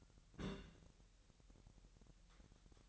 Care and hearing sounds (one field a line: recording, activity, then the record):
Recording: daily activity, microphone in the room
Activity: place on stove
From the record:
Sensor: 3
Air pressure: 1002.0 hPa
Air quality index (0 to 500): 249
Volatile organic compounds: 51 ppm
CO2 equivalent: 3310 ppm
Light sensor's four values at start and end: 6/15/6/6 and 6/15/6/6